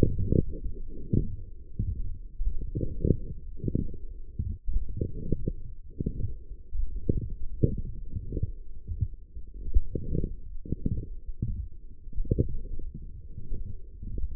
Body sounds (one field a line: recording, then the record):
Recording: forearm muscle sounds (acoustic myography)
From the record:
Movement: forearm supination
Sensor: system 1, eight BSWA MPA416 microphones around the upper forearm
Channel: 7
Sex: male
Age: 20 years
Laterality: left